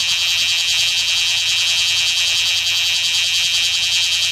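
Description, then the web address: Bear cicada song, an unbroken shrill metallic buzz, loud and even from start to finish, over a faint low hum. "insect kumazemi"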